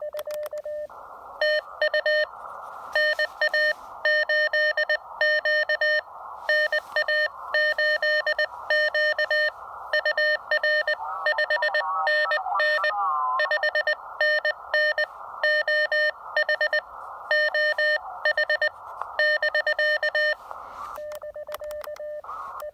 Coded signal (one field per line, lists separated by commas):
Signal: Morse code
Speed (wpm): 20 wpm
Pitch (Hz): 1800 Hz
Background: none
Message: TU NA8Q NA8Q UR 5NN 5NN OH OH <BK>